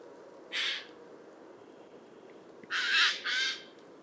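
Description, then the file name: Eurasian jay giving fainter raspy screeches, one single call then a close pair, over steady low background hiss. "Garrulus glandarius"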